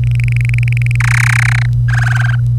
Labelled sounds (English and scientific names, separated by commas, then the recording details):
Domestic Canary (Serinus canaria) song
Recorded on 25 April 2018 at 08:41
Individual llb3